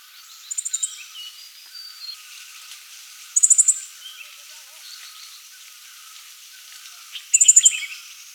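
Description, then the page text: Dark-sided flycatcher song, short bursts of rapid, very high-pitched notes repeated three times, with faint scattered twitters over a hissing background. "Dark-Sided Flycatcher Song. Quick Sounds"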